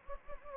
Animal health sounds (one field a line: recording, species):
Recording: mosquito wingbeat signal from an infrared sensor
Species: Anopheles gambiae